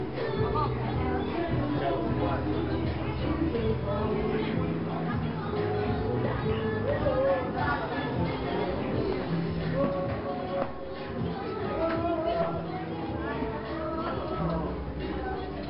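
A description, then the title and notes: Music drifts from bars along a canal-side old town street, blending with a dense crowd of voices chattering. The mix stays steady and busy throughout, with tones and beats overlapping from several sources, and occasional sharper clatters near the middle. Music coming from many different bars along the canals in the Old Town section of Lijiang, China.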